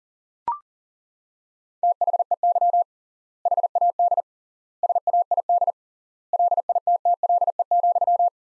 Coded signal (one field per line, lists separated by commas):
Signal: Morse code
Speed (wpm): 40 wpm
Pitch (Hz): 700 Hz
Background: none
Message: THEY HAD SAID LITTLE,